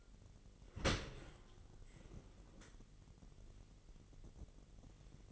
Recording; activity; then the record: daily activity, microphone in the room; open dishwasher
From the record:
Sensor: 4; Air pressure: 999.1 hPa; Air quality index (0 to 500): 122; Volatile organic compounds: 2 ppm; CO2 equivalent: 1201 ppm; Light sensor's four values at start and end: 8/19/7/8 and 8/19/7/8